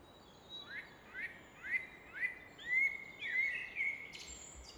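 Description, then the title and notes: Common nightingale singing a series of repeated rising whistled notes that builds into a longer fluty phrase, with steady rushing noise behind. Evening in Fläsch, Switzerland; rushing of the Rhine reflected off a rock face in the background; recorded on a Fostex FR2 with an MKH 800 microphone. "Fläsch, Schweiz - Abendstimmung Nachtigall. Im Hintergrund wird das Rauschen des Rheins von einer Felswand reflektiert"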